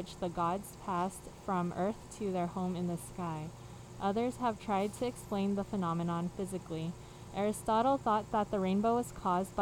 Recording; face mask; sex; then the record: reading aloud; surgical mask; female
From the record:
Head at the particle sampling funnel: facing it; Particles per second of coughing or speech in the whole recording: 0.0203